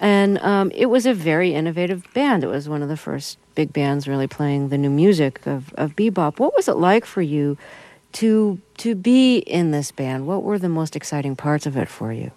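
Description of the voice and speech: One adult woman asks interview questions in clear, fluent speech with an ordinary voice and natural rhythm: normal speech.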